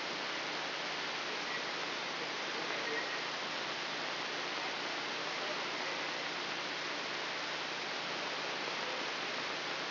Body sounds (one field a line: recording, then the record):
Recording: brain microelectrode recording played as sound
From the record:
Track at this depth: inside the subthalamic nucleus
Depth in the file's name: 3.908 mm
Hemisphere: left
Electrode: 3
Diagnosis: Parkinson's disease